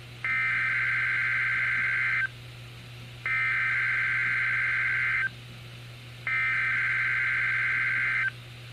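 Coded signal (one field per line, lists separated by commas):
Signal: Emergency Alert System (SAME) tones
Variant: header bursts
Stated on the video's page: NOAA weather radio Required Weekly Test on 162.40 MHz from Wheeler, WI, received on Midland HH54VP2 and WR-120EZ radios.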